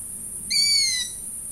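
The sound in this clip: Long-eared owl giving one squeaky, slightly falling call of about half a second, with a steady high hiss behind it.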